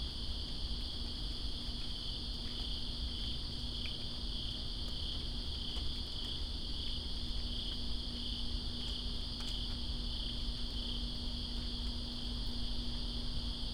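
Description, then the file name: Crickets produce a sustained high trill in chorus, blended with steady rainfall and sharp drip sounds. Crickets calling during rain in Greensboro on 2 September 2017. "Greensboro Crickets And Rain-2017-09-02"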